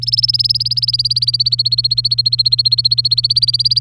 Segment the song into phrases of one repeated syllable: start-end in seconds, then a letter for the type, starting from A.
0.02-3.81 A